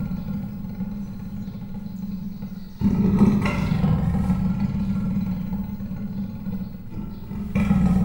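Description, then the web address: Persian leopard growling: a quieter low rumble opens, then a louder, coarse growl sets in, dips briefly, and rises again at the end. Captive animal in a zoo in Miskolc, Hungary, recorded 2018. "perzsa leopard"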